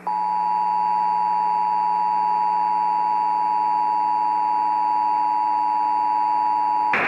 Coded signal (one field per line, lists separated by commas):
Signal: Emergency Alert System (SAME) tones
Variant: 853 and 960 Hz attention tone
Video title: Emergency Alert System | Iowa Required Monthly Test (RMT) | 5/2/2018